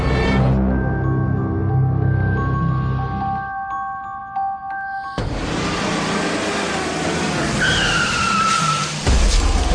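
A car engine rumbles as tires let out a long, high-pitched screech as the car knocks down a man, then a harsh, noisy skid with another squeal follows before cutting off abruptly. No one speaks.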